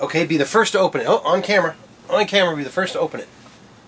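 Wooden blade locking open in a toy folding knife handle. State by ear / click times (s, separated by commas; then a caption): not seated / none. Someone talks while a wooden toy folding knife is handled just before its wooden blade is opened in the handle for the first time. Nothing has snapped open or locked yet.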